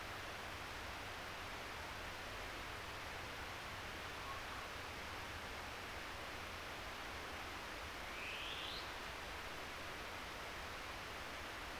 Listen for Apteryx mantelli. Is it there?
no